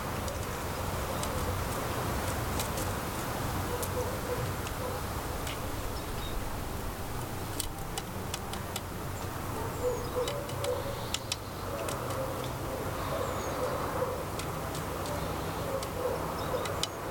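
Small birds peck at seed and nuts with sharp, irregular tapping clicks throughout, over a steady low rumble of traffic and faint chirps.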